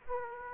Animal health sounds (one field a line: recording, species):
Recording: mosquito wingbeat signal from an infrared sensor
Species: Aedes aegypti